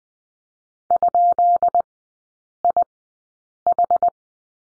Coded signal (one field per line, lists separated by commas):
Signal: Morse code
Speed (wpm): 20 wpm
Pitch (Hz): 700 Hz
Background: none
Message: ?IH